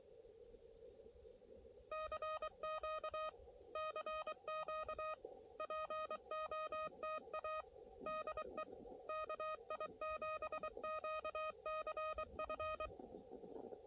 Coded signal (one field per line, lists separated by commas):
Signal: Morse code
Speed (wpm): 24 wpm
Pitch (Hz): 1250 Hz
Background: none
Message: CQ CQ POTA DE KI7QCF